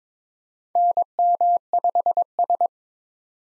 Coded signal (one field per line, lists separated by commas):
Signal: Morse code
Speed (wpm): 22 wpm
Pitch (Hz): 700 Hz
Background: none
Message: NM5S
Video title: 2023 SOTA Activator Call Signs - 22wpm